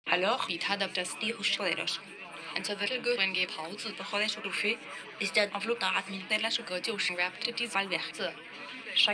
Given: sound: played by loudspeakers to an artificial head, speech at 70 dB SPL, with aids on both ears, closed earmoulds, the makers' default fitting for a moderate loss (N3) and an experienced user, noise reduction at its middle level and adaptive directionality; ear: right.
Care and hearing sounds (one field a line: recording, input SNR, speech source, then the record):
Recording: speech test signal (ISTS) in cocktail-party noise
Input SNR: +6 dB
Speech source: on the right (90 degrees)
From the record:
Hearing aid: class 2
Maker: I